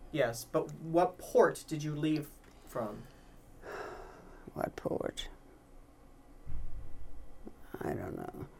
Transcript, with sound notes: Yes, but what port did you leave from?
(she sighs) What port? I don't know.